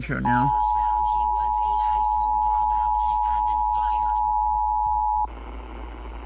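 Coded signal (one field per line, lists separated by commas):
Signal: Emergency Alert System (SAME) tones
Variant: 853 and 960 Hz attention tone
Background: speech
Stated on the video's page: Required weekly test on an AM broadcast station.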